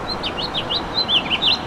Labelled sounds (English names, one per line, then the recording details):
House Finch song
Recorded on Long Island, New York, on 25 May 2011
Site FH
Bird B